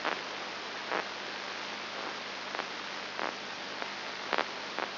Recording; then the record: brain microelectrode recording played as sound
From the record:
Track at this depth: outside the subthalamic nucleus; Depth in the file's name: 6.5 mm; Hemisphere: left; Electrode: 2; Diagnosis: Parkinson's disease